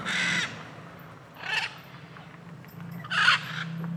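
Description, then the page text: Blue-and-yellow macaw calling with three harsh, grating squawks spaced over four seconds, over a steady low hum. Many macaws calling on a street in Alto Paraíso, Goiás, Cerrado, Brazil, with cars passing. "Rua em Alto Paraiso com muitas araras cantando e carros passando. Arquivo de Arara-canindé - Coleção Sonora do Cerrado"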